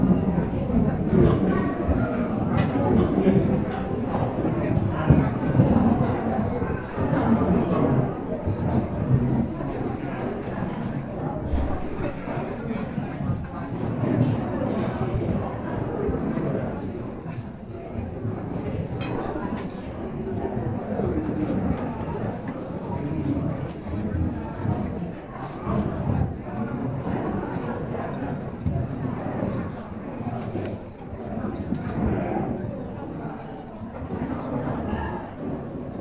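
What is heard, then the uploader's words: Inside a soundproofed cafe, many overlapping voices form a dense, continuous murmur with no single speaker standing out. The level stays fairly steady throughout, slightly louder in the first ten seconds, with a low rumble beneath and occasional faint clicks and clatter. SOUNDPROOFED CAFE • Low Frequency Speech Blocker.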